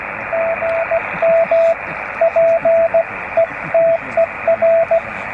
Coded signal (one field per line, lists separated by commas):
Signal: Morse code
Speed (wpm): 16 wpm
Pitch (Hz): 660 Hz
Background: radio noise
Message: GM PETER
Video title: 13 things you really need for portable HF QRP